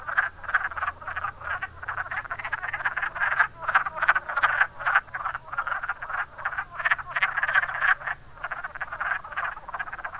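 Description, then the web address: Wood frog chorus: many rapid, raspy clucking croaks overlapping about three per second, a steady chattering mass with a low background hum. "zoology woodfrog"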